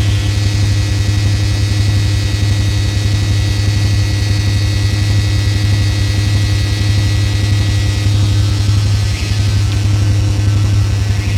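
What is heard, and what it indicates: A steady, unbroken low droning hum with a faint buzzy pulse runs throughout, with thin high-pitched tones faintly above it. It is a simulated tinnitus sound, imitating the constant humming or ringing a person with tinnitus perceives.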